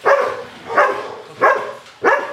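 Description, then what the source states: Belgian Malinois barking, four loud barks about every two-thirds of a second. Hugo, a large Malinois in an SPA shelter box, reactive toward strangers, throwing himself at the grille; bored, reactivity passes the time; knows the trainer.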